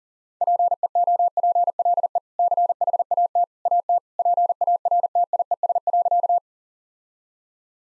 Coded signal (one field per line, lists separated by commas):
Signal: Morse code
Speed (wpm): 37 wpm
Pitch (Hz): 700 Hz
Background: none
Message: PEOPLE CHAT AT PARTIES.